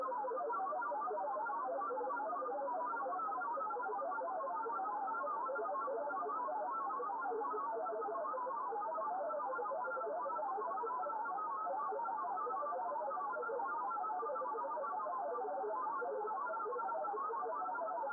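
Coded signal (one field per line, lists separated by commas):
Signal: multi-tone FSK (Olivia or MFSK type)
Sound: continuous warbling burble of short tones hopping randomly within a mid-pitched band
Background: radio static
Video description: Short QSO with Rob, G7LAS on Olivia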